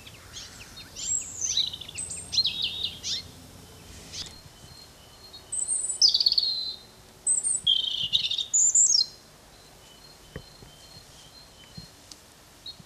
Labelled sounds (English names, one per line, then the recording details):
European Robin song
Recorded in the wild
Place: Locarno, Tessin, CH
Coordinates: 46.1861, 8.79083
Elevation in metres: 974
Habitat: mountains
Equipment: Uher 4000 Report
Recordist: Tretzel, Erwin